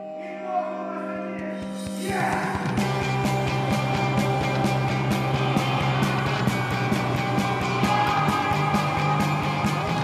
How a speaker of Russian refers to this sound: Едет машина. В ней раненые солдаты, истекающие кровь.